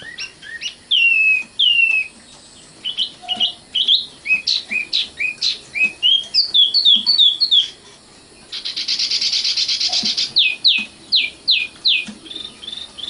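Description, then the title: Oriental magpie-robin singing a fast, varied series of sweet whistled and chirped notes, interrupted by a brief harsh buzzy burst before the whistles resume. "Kicau Kacer"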